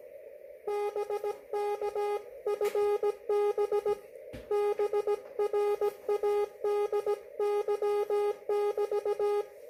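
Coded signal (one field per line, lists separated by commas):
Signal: Morse code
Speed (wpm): 17 wpm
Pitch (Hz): 410 Hz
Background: none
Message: BK FB BRADY <BT>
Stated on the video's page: Slow-speed CW contact, QRP.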